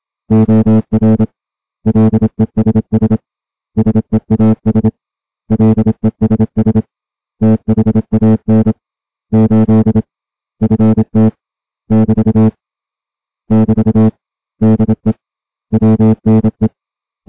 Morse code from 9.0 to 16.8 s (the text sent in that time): 8 FT <BT> <BT> DE WNE